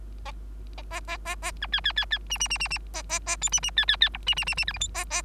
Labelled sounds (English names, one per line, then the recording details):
Bengalese Finch song
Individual Bird3